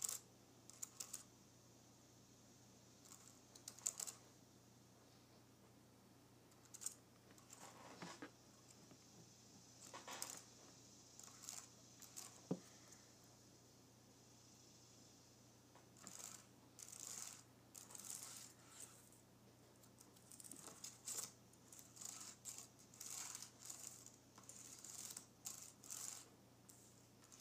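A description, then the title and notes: Fingernails scrape and click across a keyboard in short, bright, scratchy bursts, sparse and scattered for the first fifteen seconds, then coming thicker and more continuous toward the end. A steady low hum runs underneath the whole time. Nails Grazing Across my Keyboard.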